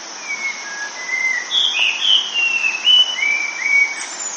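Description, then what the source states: Spot-winged thrush giving a run of clear whistled phrases, some sliding up and others falling, with brief pauses between them, over a steady high insect drone. Recorded at Sinharaja.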